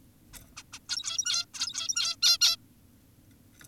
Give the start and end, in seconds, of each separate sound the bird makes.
0.57-0.63, 0.73-0.79, 0.89-1.46, 1.54-2.16, 2.22-2.38, 2.41-2.56